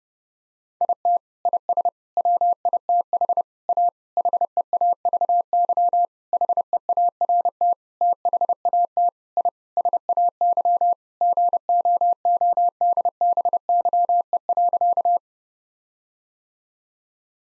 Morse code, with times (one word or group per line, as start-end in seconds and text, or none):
0.8-1.2 IT
1.5-1.9 IS
2.2-3.4 WITH
3.7-3.9 A
4.2-6.1 HEAVY
6.3-7.7 HEART
8.0-9.1 THAT
9.4-9.5 I
9.8-10.9 SAY
11.2-15.2 GOODBYE.